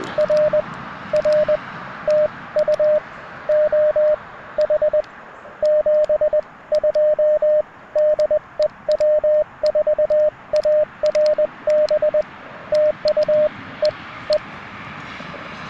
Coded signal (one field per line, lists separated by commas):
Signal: Morse code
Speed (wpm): 20 wpm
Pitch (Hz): 610 Hz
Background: radio noise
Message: R R TU OH 72 DE W4ARB TU E E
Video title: QRP CW POTA Activation - 9/19/23 @ Tuskegee National Forest (K-4451)